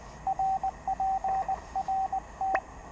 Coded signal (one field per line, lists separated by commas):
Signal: Morse code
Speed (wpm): 19 wpm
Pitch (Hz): 770 Hz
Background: radio noise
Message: RPRT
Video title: Enjoy the QRP. Morse code